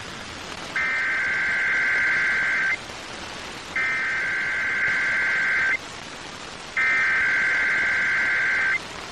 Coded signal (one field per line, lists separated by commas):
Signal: Emergency Alert System (SAME) tones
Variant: header bursts